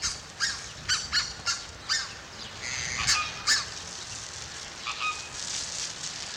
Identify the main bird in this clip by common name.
Red-breasted Goose